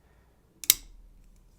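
A folding knife blade is flicked open with its flipper tab, giving a double click: the detent breaks at 0.6 s and the blade locks up open at 0.7 s. The second click is the louder, sharper snap, with bright high-frequency energy and a short ring-out. The blade is seated in its open lock.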